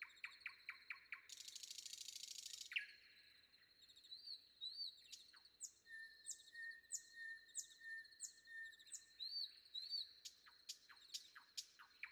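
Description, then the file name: Common nightingale song with a rapid series of sharp notes, a harsh buzzing burst, a long steady whistle, then repeated clicking strokes and chattering phrases. Recorded before dawn. "predawn nightingale"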